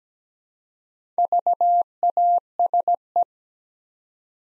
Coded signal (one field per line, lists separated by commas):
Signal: Morse code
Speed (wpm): 17 wpm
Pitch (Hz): 700 Hz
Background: none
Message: VASE